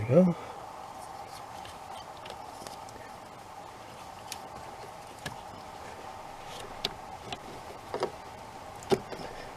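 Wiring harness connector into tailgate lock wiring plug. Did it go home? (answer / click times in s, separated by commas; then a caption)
no / none. A wiring harness connector from a Tacoma plug-and-play tailgate lock kit is handled at the tailgate lock wiring plug while someone talks briefly at the start. Faint ticks and small handling knocks sound over a steady background hum, with the sharpest tick at about 6.9 s. Nothing has seated or clicked yet.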